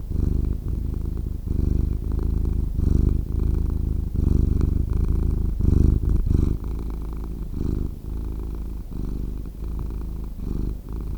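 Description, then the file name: Cat giving a low rumbling purr that rises and falls with its breathing, brief quiet breaks between each cycle. "Cat Purring Sound"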